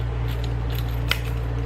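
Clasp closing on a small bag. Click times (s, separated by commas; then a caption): 1.1 s. A secure clasp on a small leather sling bag is closed by hand. Against a steady low hum, a few faint handling taps come before one sharp click at 1.1 s. The clasp is shut and secured.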